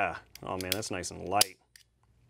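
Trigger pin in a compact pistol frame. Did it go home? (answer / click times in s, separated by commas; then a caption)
released / 1.8 s. Someone talks, then at 1.8 s the small trigger pin pops out of the compact pistol frame with a sharp click while the hammer is being tested. The pin is released from the frame.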